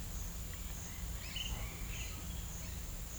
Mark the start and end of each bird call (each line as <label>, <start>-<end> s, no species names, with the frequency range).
bird call (1.7-5.7 kHz), 1.18-1.59 s